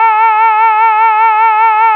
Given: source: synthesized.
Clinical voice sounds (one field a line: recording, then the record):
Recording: sustained vowel /a/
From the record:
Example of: tremor